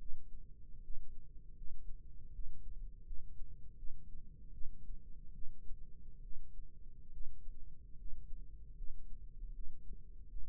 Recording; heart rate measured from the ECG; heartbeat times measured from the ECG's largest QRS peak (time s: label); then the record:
heart sounds by microphone in the left ear; 76 bpm
0.81 s: heartbeat
1.55 s: heartbeat
2.32 s: heartbeat
3.05 s: heartbeat
3.77 s: heartbeat
4.52 s: heartbeat
5.33 s: heartbeat
6.22 s: heartbeat
7.12 s: heartbeat
7.97 s: heartbeat
8.76 s: heartbeat
9.53 s: heartbeat
10.29 s: heartbeat
From the record:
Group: healthy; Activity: cold pressor test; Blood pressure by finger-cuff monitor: 125/58 mmHg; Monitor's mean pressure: 80 mmHg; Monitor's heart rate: 74 bpm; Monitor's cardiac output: 7.4 L/min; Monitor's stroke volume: 100 mL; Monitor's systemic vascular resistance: 760 dyn s/cm5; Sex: female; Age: 37 years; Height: 168 cm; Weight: 70 kg